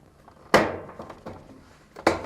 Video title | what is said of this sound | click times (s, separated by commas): How to replace manual reset thermostat in Fisher & Paykel dryer part # 395155 | now reinstall the top cover by aligning the notches and pushing until they snap back in | 0.5 s, 2.1 s